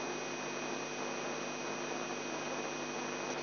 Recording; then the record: brain microelectrode recording played as sound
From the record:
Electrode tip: inside the subthalamic nucleus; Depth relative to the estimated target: 2 mm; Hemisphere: left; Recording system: AlphaMap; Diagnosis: Parkinson's disease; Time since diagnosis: 11 years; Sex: male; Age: 42 years